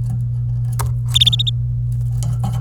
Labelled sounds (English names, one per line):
Domestic Canary song